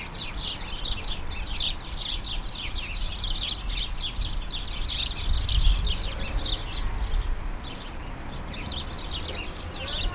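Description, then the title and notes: Sparrows chirping in a lively mass, bright overlapping calls throughout, with a brief low rumble midway. Countless sparrows gathered in a hedge, attracted by birdseed balls hung by residents; Urbanstraße, January 17, 2009. "urbanstraße: spatzen in einer hecke - the city, the country & me: sparrows in a hedge. unzählige spatzen, angelockt von meisenknödeln, die von anwohnern in einer hecke angebracht wurden countless sparrows attracted by birdseed balls in a hedge the city, the country & me: january 17, 2009"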